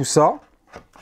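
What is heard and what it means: A resin statue's leg and foot section is handled as it is pushed toward the pegs in its resin base. Someone talks, followed by faint handling noises and a short knock near 1.0 s. The clip ends before the part goes home, and nothing has seated or clicked yet.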